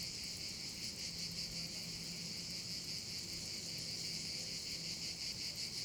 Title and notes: Geoparco Padula - Cicale sulla valle del Diano. Registrato con Zoom H6 e capsula MS